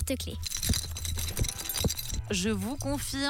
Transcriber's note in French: Bruit de porte-clés